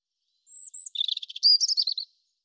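European robin song: one phrase opening with thin, very high drawn-out whistles, then a fast stuttering series of notes and a tumbling, warbled flourish.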